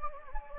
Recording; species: mosquito wingbeat signal from an infrared sensor; Anopheles gambiae